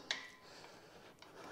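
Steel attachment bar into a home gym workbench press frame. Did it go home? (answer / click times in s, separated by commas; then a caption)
no / none. A steel attachment bar is handled on a Powertec Workbench Multipress home gym press frame, with a sharp, bright metallic hit at about 0.1 s, quiet rubbing, and a faint tap near 1.2 s. The bar has not yet gone home, and nothing has seated or clicked yet.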